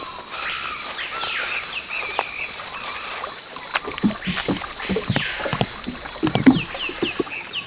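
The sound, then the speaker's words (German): A paddle dips and splashes through water in uneven strokes as a dugout canoe heads to a village in the rainforest, set against a steady drone of insects, with frogs and birds calling throughout and no one speaking. “Dann können wir ja los und mit meinem Einbaumboot zum Dorf fahren.”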